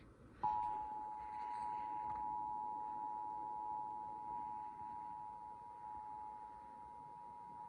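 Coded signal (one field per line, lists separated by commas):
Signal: Emergency Alert System (SAME) tones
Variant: 853 and 960 Hz attention tone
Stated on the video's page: Monthly test EAS tones captured from a news radio station, Verizon FiOS cable and an FM station.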